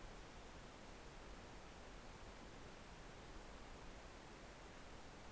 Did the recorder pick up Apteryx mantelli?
no